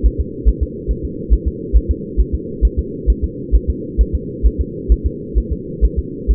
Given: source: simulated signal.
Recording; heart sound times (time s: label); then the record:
fetal heart sounds
0.06 s: S1
0.21 s: S2
0.49 s: S1
0.63 s: S2
0.91 s: S1
1.05 s: S2
1.33 s: S1
1.48 s: S2
1.77 s: S1
1.91 s: S2
2.20 s: S1
2.35 s: S2
2.65 s: S1
2.79 s: S2
3.10 s: S1
3.24 s: S2
3.55 s: S1
3.70 s: S2
4.01 s: S1
4.15 s: S2
4.46 s: S1
4.61 s: S2
4.92 s: S1
5.06 s: S2
5.38 s: S1
5.52 s: S2
5.85 s: S1
5.99 s: S2
6.31 s: S1
From the record:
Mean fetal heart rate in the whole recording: 135 bpm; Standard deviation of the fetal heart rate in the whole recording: 3 bpm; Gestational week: 34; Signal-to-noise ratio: -4.1 dB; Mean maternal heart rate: no maternal heart sound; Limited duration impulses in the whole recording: absent